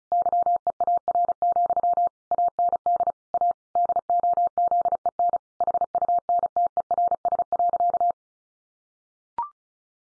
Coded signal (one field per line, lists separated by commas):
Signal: Morse code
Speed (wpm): 34 wpm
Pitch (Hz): 700 Hz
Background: none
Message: YEAR, AND A DOZEN HUNTERS.